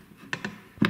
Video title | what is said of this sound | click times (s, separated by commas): Heckler & Koch G11 Disassembly & How It Works | eventually the barrel and breech assembly seek home with an audible click then | 0.8 s